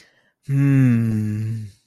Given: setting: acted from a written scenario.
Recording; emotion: vocal sound without words; romantic love